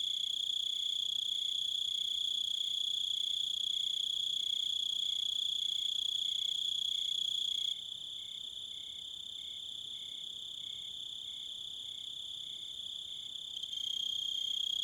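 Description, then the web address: Crickets chirping: a dense, steady high-pitched trill with a softer pulsed chirp repeating regularly; the chorus thins partway through, then swells again. "Dan Gibson Echoes of Nature. American Wilds. Crickets Wolves"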